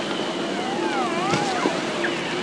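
Whale calls: several overlapping whistled sweeps that glide up and down in pitch, some crossing each other, over a constant loud hiss.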